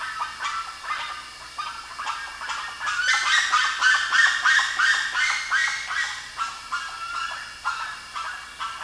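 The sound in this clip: Bird calls, harsh overlapping notes repeated about three times a second in a steady chattering series.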